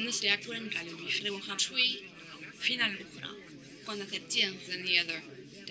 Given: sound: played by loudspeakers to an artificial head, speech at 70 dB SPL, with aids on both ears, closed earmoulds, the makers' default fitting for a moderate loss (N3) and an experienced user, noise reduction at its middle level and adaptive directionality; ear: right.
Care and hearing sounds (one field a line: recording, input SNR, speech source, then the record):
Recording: speech test signal (ISTS) in cocktail-party noise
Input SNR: +3 dB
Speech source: in front (0 degrees)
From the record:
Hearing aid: class 2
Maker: J